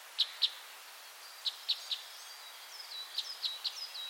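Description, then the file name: Red crossbill calls: sharp, high, clipped notes given in short groups at irregular intervals, with faint softer twittering between them against steady background hiss. "fichtenkreuzschnabel"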